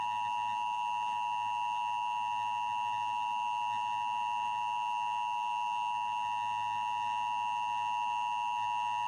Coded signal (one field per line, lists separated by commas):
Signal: Emergency Alert System (SAME) tones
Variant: 853 and 960 Hz attention tone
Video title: Emergency Broadcast System: Education for kids